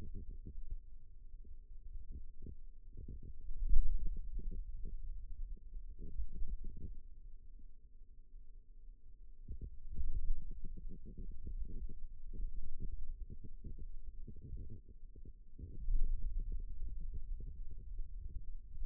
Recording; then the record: forearm muscle sounds (acoustic myography)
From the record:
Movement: ulnar deviation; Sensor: system 2, bracelet of six BSWA MPA416 microphones around the upper forearm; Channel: 3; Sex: male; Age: 22 years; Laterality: right